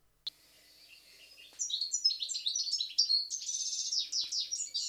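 European goldfinch giving a rapid, high, tinkling twitter of mixed chirps and trills.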